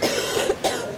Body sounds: coughing mixed with background sound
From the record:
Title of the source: 60 coughing still (deep and wet cough)

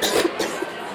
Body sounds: coughing mixed with background sound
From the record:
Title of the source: 55 gaggy wet cough

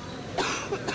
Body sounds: coughing mixed with background sound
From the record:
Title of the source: 64 coughing, allergies, singing lungs

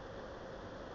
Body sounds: background sound without coughing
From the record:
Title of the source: wind

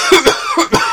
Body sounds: coughing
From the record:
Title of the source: Dry Coughing Fit in the Afternoon.

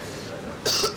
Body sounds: coughing mixed with background sound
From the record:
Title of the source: November cold (wet coughing)

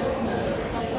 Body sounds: background sound without coughing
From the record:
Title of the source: 40 min - Ambience sounds UNIVERSITY lunchroom chatting

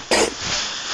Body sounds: coughing mixed with background sound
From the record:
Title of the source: 61 morning phlegmy cough...again

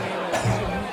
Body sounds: coughing mixed with background sound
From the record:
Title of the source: Cough Around the Clock!

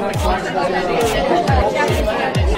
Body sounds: background sound without coughing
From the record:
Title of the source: Nightlife Party Simulating Party Club Noise 1 Hour

